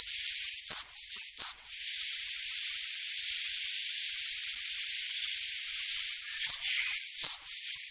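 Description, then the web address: Sakhalin leaf warbler, two bursts of high pure whistled notes in alternating pitches separated by about five seconds of quiet hiss. "sikioto. ezomushikui"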